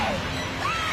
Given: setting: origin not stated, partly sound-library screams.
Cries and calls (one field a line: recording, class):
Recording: one-second piece from a danger detection set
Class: woman in danger